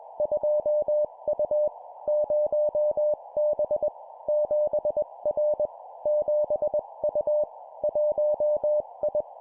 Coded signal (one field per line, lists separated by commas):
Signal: Morse code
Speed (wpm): 21 wpm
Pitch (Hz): 600 Hz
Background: none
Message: 2U 0B 7R 7U 1I